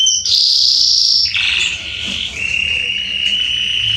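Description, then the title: Belgian canary song: a bright high trill dropping to lower, continuous rolling tours with slight pitch steps. Male Belgian canary singing a lot, used for warming up and training young canaries. "Canary Training 17 Esquente Seu Filhote E Canario Belga Em 30 Minutos Macho Cantando Muito. CANTO DO CANRIO"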